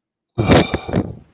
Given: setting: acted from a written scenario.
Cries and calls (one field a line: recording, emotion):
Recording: vocal sound without words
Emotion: anger